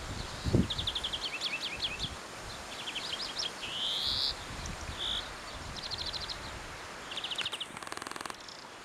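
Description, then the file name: European greenfinch giving rapid twittering trills and a drawn-out, rising buzzy wheeze, with a few more trill bursts after it, over soft rustling and a low thud near the start. "Chloris chloris"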